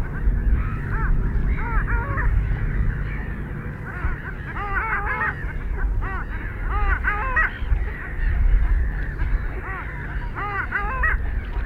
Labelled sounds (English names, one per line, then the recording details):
Long-tailed Duck call
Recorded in the wild
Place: Palmer Ort, Zudar, Insel Rügen, Mecklenburg-Vorpommern, DE
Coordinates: 54.269, 13.373
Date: 1971-03-21
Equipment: Nagra III BH, Sennheiser MD 21, parabola
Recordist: Schubert, Michael